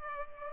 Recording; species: mosquito wingbeat signal from an infrared sensor; Culex pipiens